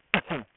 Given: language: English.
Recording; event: throat vibration sensor signal played as sound; cough